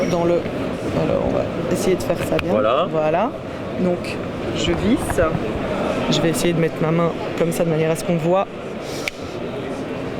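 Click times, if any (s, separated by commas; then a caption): 9.1 s. A capsule cap is screwed onto a bottle neck so that it pierces the seal and releases the active product, while someone talks throughout. A sharp click is heard at 9.1 s as the cap clicks into place, confirming it is seated.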